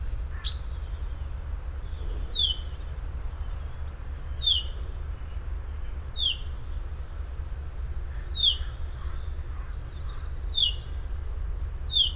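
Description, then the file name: Common chaffinch calls: short, sharp downslurred notes repeated roughly every two seconds, about seven in all, over a steady low rumble. "Fringilla coelebs"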